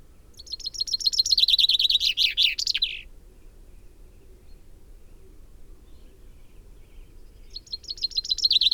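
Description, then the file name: Common chaffinch singing: a brisk trill falling in pitch and ending in a flourish, followed by silence, then a second song beginning near the end. "Fringilla coelebs"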